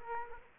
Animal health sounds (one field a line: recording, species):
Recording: mosquito wingbeat signal from an infrared sensor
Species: Culex quinquefasciatus